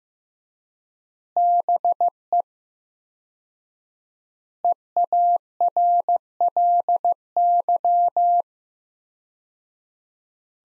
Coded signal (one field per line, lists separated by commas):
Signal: Morse code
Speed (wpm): 15 wpm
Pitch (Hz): 700 Hz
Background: none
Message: BE EARLY